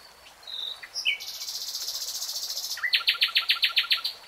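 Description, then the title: Nightingale song: a thin whistle, a short slurred note, a sustained high buzzing trill, then a steady series of loud repeated notes. Nightingale singing in real time. "[Tiếng chim hót] 3 Hours REALTIME Nightingale Singing"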